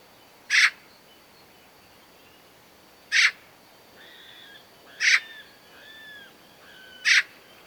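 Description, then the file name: Eurasian magpie giving four single harsh rasping calls a few seconds apart, with faint thin whistled notes in between. "Pica pica"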